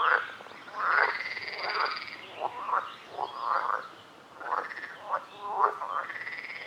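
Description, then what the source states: Frogs croaking, rough rasping notes mixed with a few longer drawn-out calls at an irregular pace. Frogs calling at a lake.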